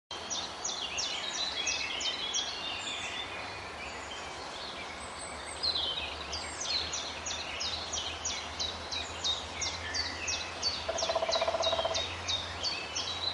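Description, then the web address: Common chiffchaff song, a steady run of high chipping notes repeated about three per second throughout, with low rumbling background noise. Recorded in Poland. "zakole-wawerskie nagrania pierwiosnek"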